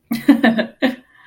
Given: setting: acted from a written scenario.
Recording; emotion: vocal sound without words; amusement